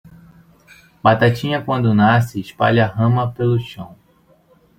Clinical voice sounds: short text; Brazilian Portuguese; male; 30 to 39 years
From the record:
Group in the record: control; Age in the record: 30 years

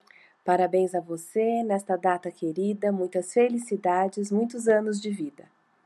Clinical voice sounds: short text; Brazilian Portuguese; female; 40 to 49 years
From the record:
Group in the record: control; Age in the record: 44 years

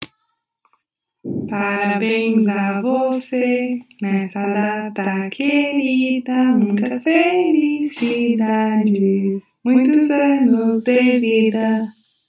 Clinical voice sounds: short text; Brazilian Portuguese; female; 20 to 29 years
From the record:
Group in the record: control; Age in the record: 24 years

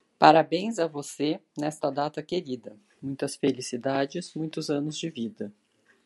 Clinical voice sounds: short text; Brazilian Portuguese; female; 40 to 49 years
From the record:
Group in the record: control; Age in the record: 46 years

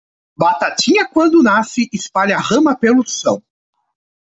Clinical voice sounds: short text; Brazilian Portuguese; male; 20 to 29 years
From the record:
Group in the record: control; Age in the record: 25 years

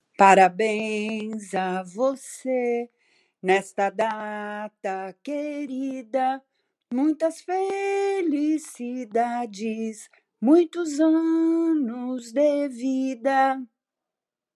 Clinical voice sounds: short text; Brazilian Portuguese; female; 60 to 69 years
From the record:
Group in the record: control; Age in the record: 65 years

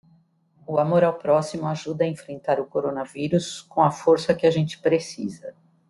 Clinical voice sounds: spoken sentence; Brazilian Portuguese; female; 50 to 59 years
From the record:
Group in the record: control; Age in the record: 58 years

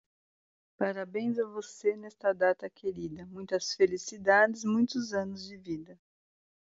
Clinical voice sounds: short text; Brazilian Portuguese; female; 40 to 49 years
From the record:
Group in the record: control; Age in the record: 48 years

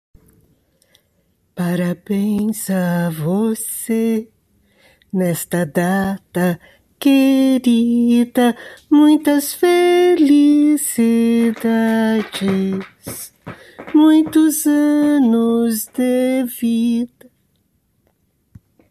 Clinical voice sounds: short text; Brazilian Portuguese; female; 60 to 69 years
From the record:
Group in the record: control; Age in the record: 67 years

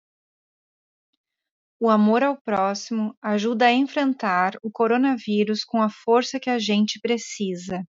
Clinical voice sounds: spoken sentence; Brazilian Portuguese; female; 30 to 39 years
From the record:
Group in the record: control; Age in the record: 38 years

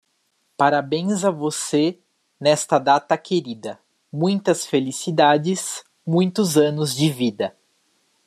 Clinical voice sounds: short text; Brazilian Portuguese; male; 20 to 29 years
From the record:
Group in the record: control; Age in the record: 22 years

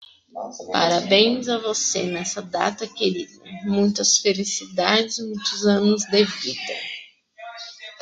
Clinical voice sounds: short text; Brazilian Portuguese; female; 30 to 39 years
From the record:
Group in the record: control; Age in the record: 35 years

